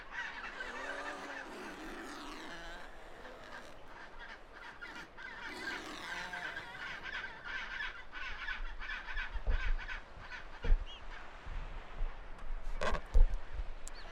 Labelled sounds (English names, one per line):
Chinstrap Penguin call